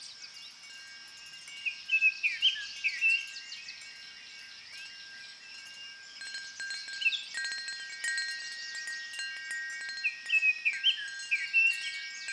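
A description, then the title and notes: Wind chimes ring steadily in a forest, their bright tones sustaining and overlapping throughout, with light tinkling strikes thickening after the midpoint. Birds chirp in short bursts of quick, high calls, around two to three seconds, near seven seconds, and again near ten to eleven. Sound of Nature with Wind Chimes + Birds Forest.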